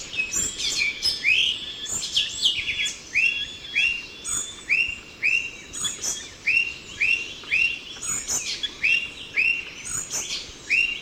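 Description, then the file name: Ochre-breasted tanager calls, a run of short arched notes repeated roughly twice a second. "Chlorothraupis stolzmanni - Ochre-breasted Tanager"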